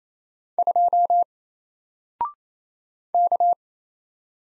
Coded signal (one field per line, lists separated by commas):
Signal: Morse code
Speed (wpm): 28 wpm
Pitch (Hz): 700 Hz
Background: none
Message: 2 K